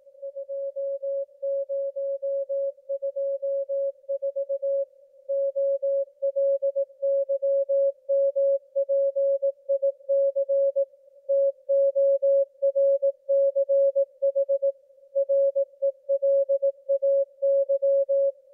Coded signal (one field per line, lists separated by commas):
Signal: Morse code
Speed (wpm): 18 wpm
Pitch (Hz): 550 Hz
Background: music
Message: 2024 OLYMPIC TORCH RELAY